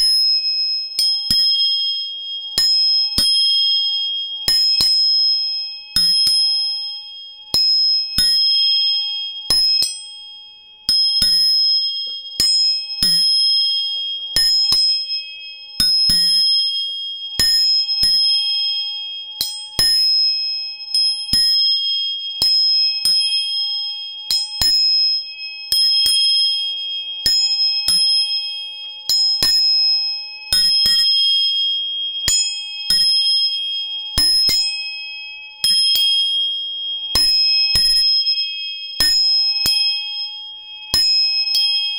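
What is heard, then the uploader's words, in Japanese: Three tuning forks are struck over and over, roughly once a second, each sharp tap leaving a clear, high ringing tone that hangs between strikes. A few steady pitches overlap and sustain throughout, with a faint lower hum beneath. 音叉チューニング3本。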